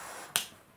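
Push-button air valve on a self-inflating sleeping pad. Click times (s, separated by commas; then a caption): 0.4 s. A push-button inflation valve on an OEX Evolution Prowl XL self-inflating foam camping pad is pressed down and clicks shut at 0.4 s, stopping the airflow. The valve is a push button rather than a twist valve. A single sharp snap stands out over a faint hiss, then fades quickly.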